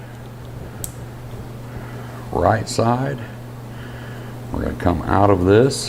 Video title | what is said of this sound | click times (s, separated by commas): Advanblack EDGELINE LED Clamshell Saddlebag Run Brake Turn Signals Install | listen for the click | 0.8 s